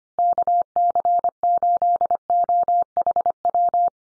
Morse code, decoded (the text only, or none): KC8OHW